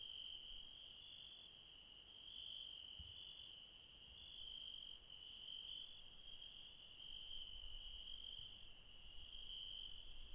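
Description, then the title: Insects trilling in a dense night chorus, steady high bands with pulsing overtones, a few short low thumps underneath. Late night, mountains, Refuge Krevatia, Barbala, Dion, Greece. "Refuge Krevatia, Μπαρμπαλά, Dion 601 00, Greece - Late night mountain insects"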